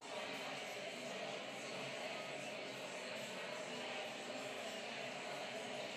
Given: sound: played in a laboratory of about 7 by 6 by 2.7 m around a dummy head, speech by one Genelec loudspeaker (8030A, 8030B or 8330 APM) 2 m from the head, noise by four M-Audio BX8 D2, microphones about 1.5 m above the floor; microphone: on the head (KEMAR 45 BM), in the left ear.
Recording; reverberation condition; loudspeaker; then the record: babble noise; high; four, about 170 cm from the corners of the room and facing them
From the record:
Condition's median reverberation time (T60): about 1300 ms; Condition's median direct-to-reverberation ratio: about -4.0 dB